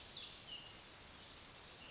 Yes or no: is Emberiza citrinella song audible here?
no